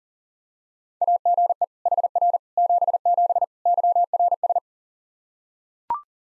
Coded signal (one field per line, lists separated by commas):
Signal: Morse code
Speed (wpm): 40 wpm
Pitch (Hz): 700 Hz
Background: none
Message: AGE HR 77 YRS